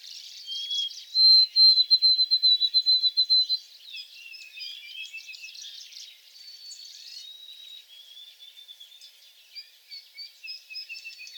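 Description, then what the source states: White-throated sparrow song: a clear steady whistle, then a loud rapid series of repeated high whistled notes, followed by softer background bird sounds. Four songs recorded.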